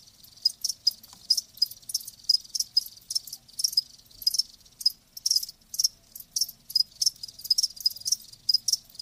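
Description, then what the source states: Crickets chirping in short high bursts, forming a steady pulsing rhythm. Live crickets chirping, presented as a lulling sleep sound.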